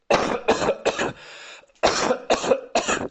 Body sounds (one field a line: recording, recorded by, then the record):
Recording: voluntary cough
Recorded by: messaging app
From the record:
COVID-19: negative